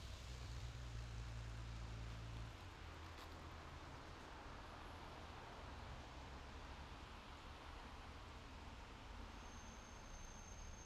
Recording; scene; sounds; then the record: everyday scene through a hearing-aid microphone; in traffic; traffic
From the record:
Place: main road on the outskirts, rush hour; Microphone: in the ear canal, left